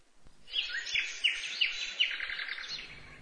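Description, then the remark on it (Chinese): A sparrow chirps in a quick series of bright, high notes, about five sharp peaks over a continuous twittering, moderately loud, with no voices present. “一只麻雀整天飞来飞去，跳来跳去，累了就随便找个地方歇一歇。”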